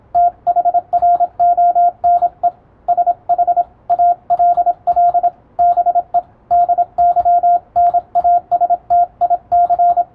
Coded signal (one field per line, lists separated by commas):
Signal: Morse code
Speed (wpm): 27 wpm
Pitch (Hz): 700 Hz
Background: radio noise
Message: THRONE SHALL BE DYNASTIC